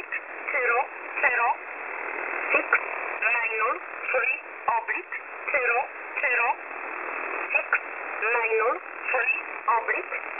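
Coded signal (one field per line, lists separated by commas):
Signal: numbers station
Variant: E11 Oblique, English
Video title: E11 Oblique 20/12/2023 1045 UTC 11100kHz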